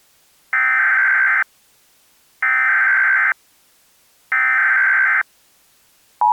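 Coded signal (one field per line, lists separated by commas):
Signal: Emergency Alert System (SAME) tones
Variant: header bursts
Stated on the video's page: Fictional EAS scenario involving a pegasus character's military attack; simulated, not a real alert.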